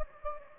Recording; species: mosquito wingbeat signal from an infrared sensor; Anopheles gambiae